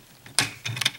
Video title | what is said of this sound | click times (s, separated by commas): Voyager Galvatron Review [Transformers: Age of Extinction] | there you go clicked | 0.4 s